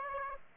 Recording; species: mosquito wingbeat signal from an infrared sensor; Aedes aegypti